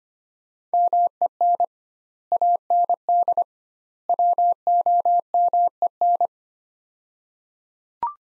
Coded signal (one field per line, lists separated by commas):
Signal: Morse code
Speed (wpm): 25 wpm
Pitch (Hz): 700 Hz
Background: none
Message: MEN AND WOMEN